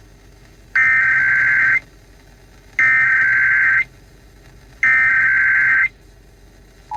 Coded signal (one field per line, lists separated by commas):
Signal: Emergency Alert System (SAME) tones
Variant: header bursts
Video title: National EAS Test 2021